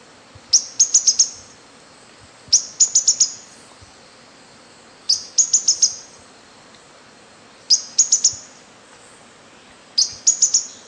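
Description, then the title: Bird song: short bursts of four or five very high, sharp chirps, repeated about every two and a half seconds over faint low background noise. "LuckyPassaro Completos2Sama"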